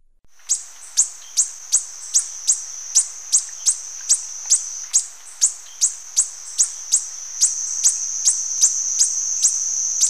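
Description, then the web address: Violet-tailed sylph giving sharp, very high chips about two to three times per second over a steady thin high tone. Recorded in Ecuador. "Birds of Ecuador 147 Violet-tailed Sylph"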